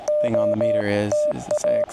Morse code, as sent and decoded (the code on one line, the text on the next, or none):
--- - .-
OTA